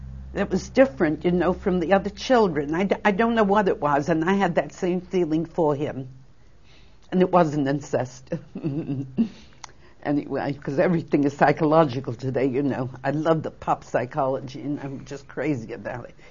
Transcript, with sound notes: that was different, you know, from the other children, I don't know what it was and I had the same feeling for him. And it wasn't incest (she laughs) anyway 'cause everything is psychological today, you know, I love the pop psychology, and I'm just crazy about it.